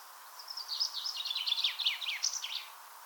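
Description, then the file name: Common chaffinch song: a rapid two-second run of sharp, downslurred chirping notes, busy and slightly jumbled, over steady hiss. "Fringilla coelebs"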